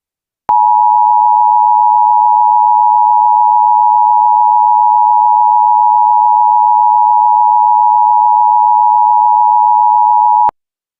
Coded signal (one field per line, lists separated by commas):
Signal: Emergency Alert System (SAME) tones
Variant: 853 and 960 Hz attention tone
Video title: Turning Red: An EAS Scenario